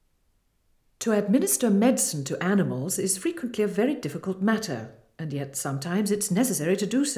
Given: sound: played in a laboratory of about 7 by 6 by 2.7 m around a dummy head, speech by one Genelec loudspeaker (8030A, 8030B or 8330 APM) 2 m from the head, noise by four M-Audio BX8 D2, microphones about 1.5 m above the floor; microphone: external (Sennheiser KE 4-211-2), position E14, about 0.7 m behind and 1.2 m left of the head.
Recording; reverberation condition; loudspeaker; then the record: female speech in English; medium; 120 degrees to the left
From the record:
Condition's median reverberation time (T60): about 510 ms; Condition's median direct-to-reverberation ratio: about -0.5 dB